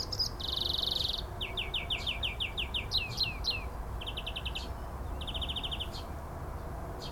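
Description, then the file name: European greenfinch calls: a long wheezy buzz, then series of quick downslurred chirps and short rapid trills, steady low background noise. "Chloris chloris"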